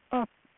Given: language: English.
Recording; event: throat vibration sensor signal played as sound; speech